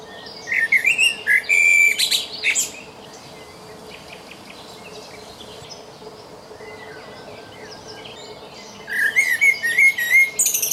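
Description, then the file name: Common blackbird song, a fluted warbling phrase with a shrill twittered end, a long pause, then another warbled phrase with high squeaky notes. "Turdus merula"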